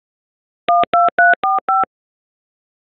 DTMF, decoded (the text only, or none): 12345